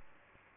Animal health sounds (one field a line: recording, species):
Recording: mosquito wingbeat signal from an infrared sensor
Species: Aedes aegypti